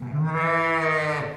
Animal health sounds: contact call of a hoofed animal; sheep; low-frequency (closed-mouth) or high-frequency (open-mouth) call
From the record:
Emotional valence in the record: positive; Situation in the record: reunion with pen mate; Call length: 1.38 s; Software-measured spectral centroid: 1680 Hz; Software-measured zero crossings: 1920 a second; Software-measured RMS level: -24 dBFS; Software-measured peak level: -11 dBFS

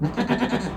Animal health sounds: contact call of a hoofed animal; goat; low-frequency (closed-mouth) or high-frequency (open-mouth) call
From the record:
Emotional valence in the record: negative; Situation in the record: food frustration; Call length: 0.77 s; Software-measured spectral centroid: 1660 Hz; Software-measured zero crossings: 1310 a second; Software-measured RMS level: -24 dBFS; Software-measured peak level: -7 dBFS

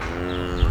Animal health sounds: contact call of a hoofed animal; cattle; low-frequency (closed-mouth) or high-frequency (open-mouth) call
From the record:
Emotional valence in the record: negative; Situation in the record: full separation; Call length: 0.71 s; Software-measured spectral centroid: 1680 Hz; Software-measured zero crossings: 1360 a second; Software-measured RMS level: -22 dBFS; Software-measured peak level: -5 dBFS

